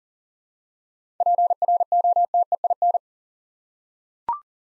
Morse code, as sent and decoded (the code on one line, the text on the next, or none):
.--. .-. --- - . .. -.
PROTEIN